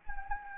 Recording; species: mosquito wingbeat signal from an infrared sensor; Anopheles gambiae